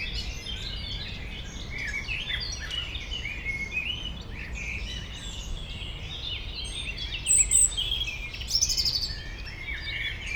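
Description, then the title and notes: European robin singing thin, high warbled phrases amid a busy chorus of other birds, with brighter notes near the end over a steady low urban rumble. Robin in foreground in a small peri-urban wood near Aix-les-Bains, France, among other birds; city hum and boats on the lake in background. "Dans le bois de Memard 73100 Aix-les-Bains, France - rouge gorge. Un rouge gorge au premier plan entouré de merles et autre oiseaux dans ce petit bois, en zone péri urbaine, arrière plan de la rumeur de la ville et des bateaux sur le lac"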